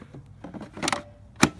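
The second battery pack is pushed into the rear battery bay of an EGO lawn mower, with soft knocks around 0.4–0.6 s and a sharper clatter of plastic near 0.9 s as it slides in. A loud, sharp click at 1.4 s marks the pack snapping firmly into place, fully seated.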